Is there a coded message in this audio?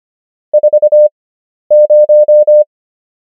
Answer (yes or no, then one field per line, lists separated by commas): yes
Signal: Morse code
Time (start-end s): 0.5-2.6 s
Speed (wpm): 25 wpm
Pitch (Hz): 600 Hz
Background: none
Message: 40